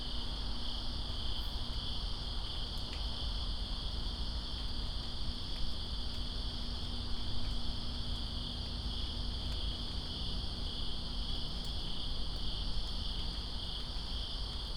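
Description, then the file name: An even, high-pitched cricket trill persists throughout, accompanied by heavy rain noise and scattered sharp drips. Crickets in rain, Greensboro, 2 September 2017. "Greensboro Crickets And Rain-2017-09-02"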